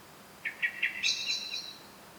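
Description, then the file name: Eurasian blackbird giving three short clipped notes followed by a thin, sustained high note. "Turdus merula"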